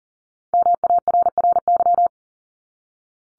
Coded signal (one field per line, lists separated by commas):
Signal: Morse code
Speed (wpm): 40 wpm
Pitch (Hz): 700 Hz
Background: none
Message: MARRY